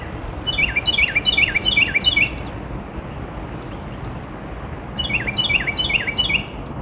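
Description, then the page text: Carolina wren song: two loud bouts, each a rapid series of about five identical rolling, slurred phrases, separated by a pause of roughly two and a half seconds, over a low background rumble. Recorded in Maryland. "Maryland Biodiversity. Carolina Wren ( Thryothorus ludovicianus )"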